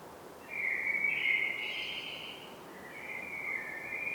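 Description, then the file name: Common blackbird song: a warbling, gently wavering phrase of mid-pitched notes that drifts on into a softer second part, over steady hiss. "Turdus merula"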